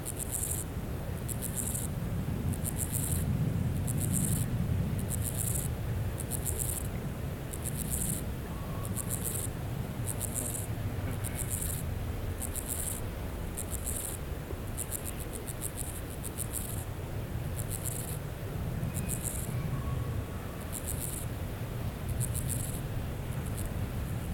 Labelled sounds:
Steppe Grasshopper (Chorthippus dorsatus) stridulation

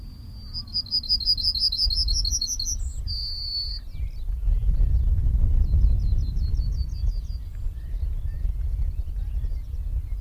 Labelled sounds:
Yellowhammer (Emberiza citrinella) song

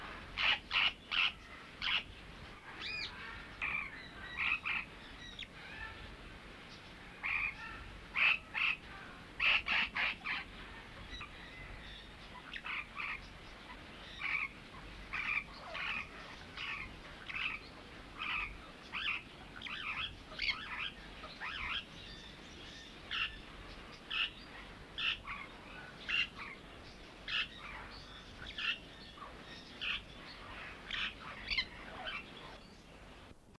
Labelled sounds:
Superb Parrot (Polytelis swainsonii) call

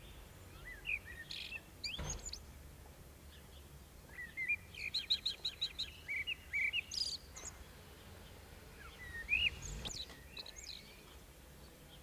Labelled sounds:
Common Blackbird (Turdus merula) song

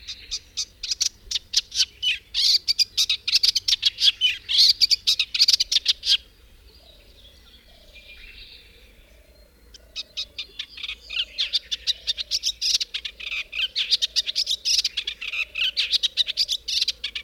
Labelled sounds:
Eastern Olivaceous Warbler (Iduna pallida) song

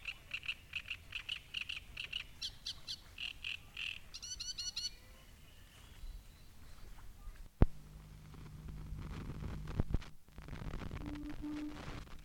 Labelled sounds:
Great Reed Warbler (Acrocephalus arundinaceus)

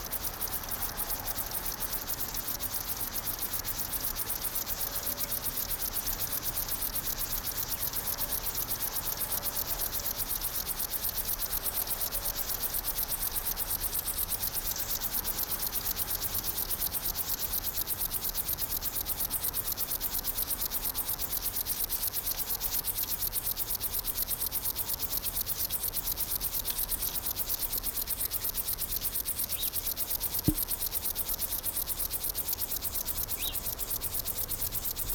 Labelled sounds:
Upland Field Grasshopper (Chorthippus apricarius)

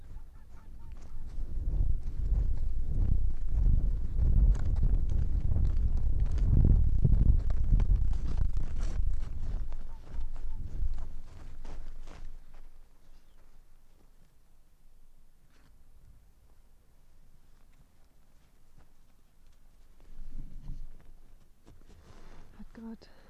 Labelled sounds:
Arctic Fox (Vulpes lagopus)

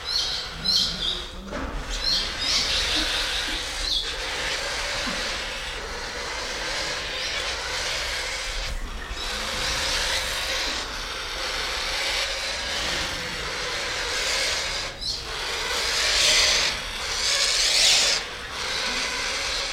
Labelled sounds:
Spotted Thick-knee (Burhinus capensis) hissing

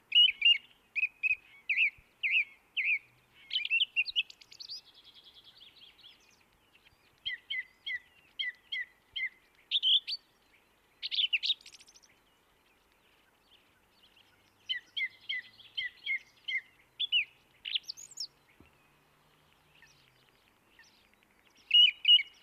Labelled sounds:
Song Thrush (Turdus philomelos) song

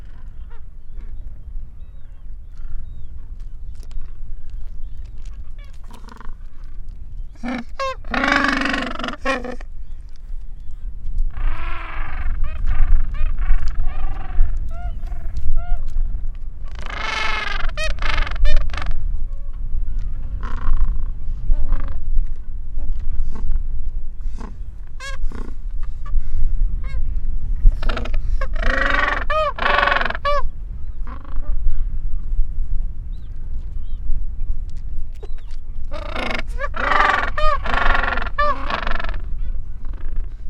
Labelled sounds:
Gentoo Penguin (Pygoscelis papua) call

